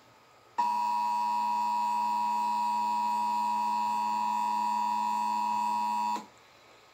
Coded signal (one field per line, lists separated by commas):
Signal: Emergency Alert System (SAME) tones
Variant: 853 and 960 Hz attention tone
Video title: National Periodic Test on WYFF-TV (EAS #106)